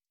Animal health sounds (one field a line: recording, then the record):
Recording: hydrophone in a shrimp aquaculture tank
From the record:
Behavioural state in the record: stressed